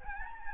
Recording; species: mosquito wingbeat signal from an infrared sensor; Aedes albopictus